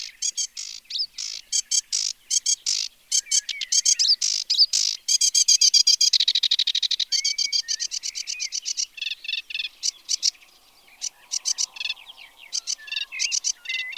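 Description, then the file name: Sedge warbler song: a fast, jumbled chatter of harsh clicks, buzzy rattles and rapid trills, with a dense churring burst midway and scattered whistled notes near the end. "Phragmite des joncs"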